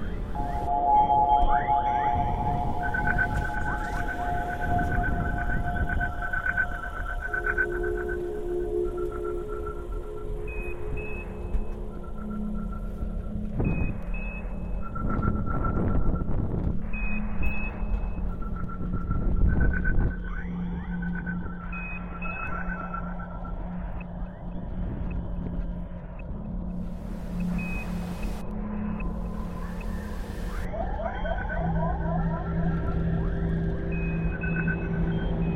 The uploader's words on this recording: The episode starts with a pre-launch check, liftoff, the melody of space flight.